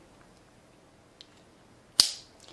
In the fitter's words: you should hear a snap then with the